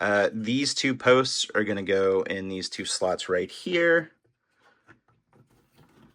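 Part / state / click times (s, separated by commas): plastic posts into slots of a toy upgrade part / seated / 4.9 s, 5.1 s, 5.3 s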